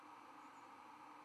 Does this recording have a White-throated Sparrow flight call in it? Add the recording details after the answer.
yes. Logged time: 03:04 on 11 November 2014